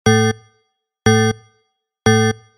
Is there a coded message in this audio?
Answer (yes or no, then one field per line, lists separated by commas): no